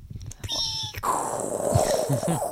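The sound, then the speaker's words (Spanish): Someone vocally mimics a 56kbps telephone dial-up modem connecting: a few high, steady beeping tones, then a loud stretch of hissing, screeching static that runs to the end. “El ruido del módem telefónico.”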